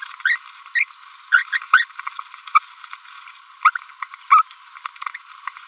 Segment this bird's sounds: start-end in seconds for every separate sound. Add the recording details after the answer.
0.25-0.36, 0.75-0.83, 1.32-1.42, 1.53-1.58, 1.73-1.84, 2.54-2.59, 3.63-3.70, 4.31-4.42. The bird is a female. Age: 30 days. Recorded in a nest box in Venezuela. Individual 17B42B3